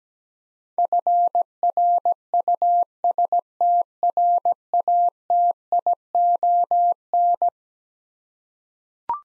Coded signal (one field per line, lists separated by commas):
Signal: Morse code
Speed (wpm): 17 wpm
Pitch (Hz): 700 Hz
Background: none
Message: FRUSTRATION